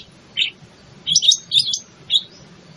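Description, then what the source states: Greater green leafbird song: a single bright warbled note, then a pause and a quick cluster of twittering phrases, ending on one thin whistle. In full song, a style called gacor.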